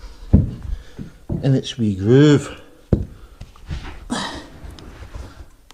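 A metal circlip on the riser motor / gas strut pin of an Etac Balder power wheelchair is pushed by feel toward its groove during a riser motor replacement. Someone talks over a few faint, short handling taps and knocks. Nothing has seated or clicked yet; the circlip is not yet in its groove.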